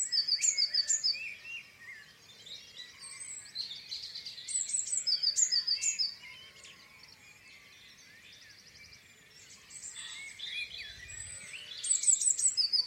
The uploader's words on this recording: Dawn chorus on the farm. Calm dawn chorus in British countryside. Recorded in Exmoor National Park with Sony PCM A10 and Clippy EM272 microphones.